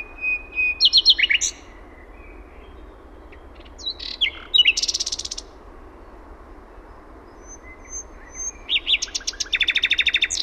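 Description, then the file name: Common nightingale singing varied phrases: a steady whistle leading into rapid clicking notes, a dense buzzy burst midway, and a fast rattling trill at the end, separated by pauses. Finland. "ETELAN SATAKIELI"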